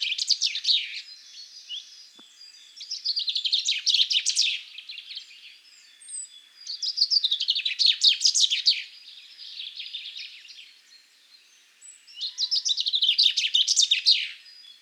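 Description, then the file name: Common chaffinch singing high, rapid twittering phrases in several bursts separated by quieter pauses. "Fringilla coelebs"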